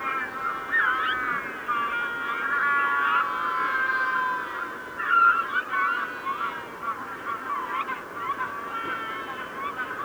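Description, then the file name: Magellanic penguins calling together, overlapping wavering brays and honks forming a continuous chorus, with a louder pulsed burst around the middle. Evening chorus of Magellanic penguins. "Magellan Pinguin Abendkonzert"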